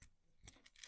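A plastic part of a Transformers Studio Series 86 Movie Windcharger transforming robot action figure is handled as it is brought toward its socket in the figure's body. Faint, short plastic ticks come at about 0.5, 0.7 and 0.8 seconds over a low background hiss. Nothing has seated or clicked into place yet.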